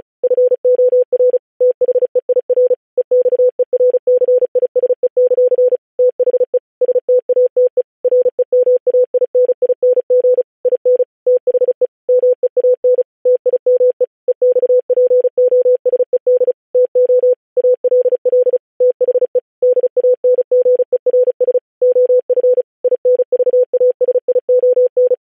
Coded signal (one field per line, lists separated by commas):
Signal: Morse code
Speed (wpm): 36 wpm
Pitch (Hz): 500 Hz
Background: none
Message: FOR THEIR EXERCISE; THE STATE REMAINING IN THE MEAN TIME EXPOSED TO ALL THE DANGERS OF INVASION